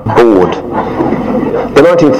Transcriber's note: chuckles